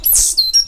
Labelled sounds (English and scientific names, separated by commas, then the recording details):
Stitchbird (Notiomystis cincta) song
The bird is a male
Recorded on Tiritiri Matangi Island, New Zealand, in 2005
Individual 8, of nest box 10